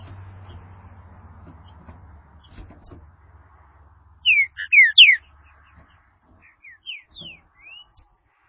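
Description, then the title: Green-winged saltator singing a rich phrase of clear, slurred whistles, followed by a softer series of descending whistled notes, over a low background hum at first. "Trinca Ferro"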